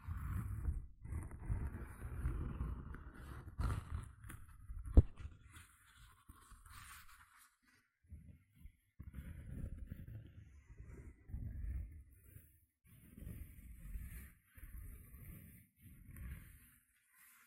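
Gentle scratching comes in short low bursts, dense and rumbly for the first four seconds, then broken into separate strokes with brief gaps. A sharp tap lands around five seconds, and faint brighter hiss and rustle flickers above the scratches throughout.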